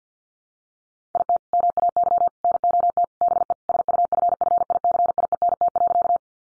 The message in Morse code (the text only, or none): IT MAY NOT BE SUFFICIENT.